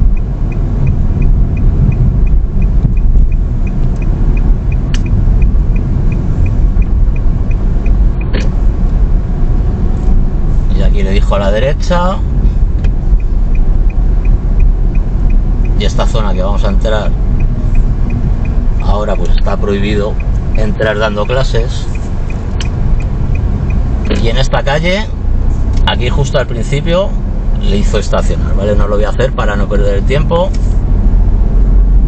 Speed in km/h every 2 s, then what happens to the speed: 33, 29, 26, 25, 30, 32, 31, 29, 24, 19, 9, 12, 15, 16, 20, 23.
0-5 slows to 25. 5-14 steady at about 30. 14-20 slows to 9. 23-32 speeds up to 23.